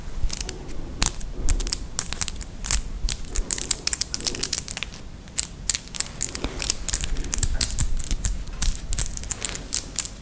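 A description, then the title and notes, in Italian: Very long fingernails tap and scratch in dense, irregular bursts of sharp, bright clicks and crinkly rustles, continuing throughout without pause. ASMR con le unghie lunghissime. In questo episodio ho indossato delle unghie finte molto lunghe.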